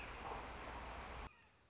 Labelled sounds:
Red-shouldered Hawk
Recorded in Sonoma County, California

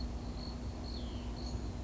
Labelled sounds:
Hutton's Vireo
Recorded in Sonoma County, California

